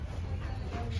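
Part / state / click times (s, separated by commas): socket on the diesel fuel filter of an SUV / not seated / none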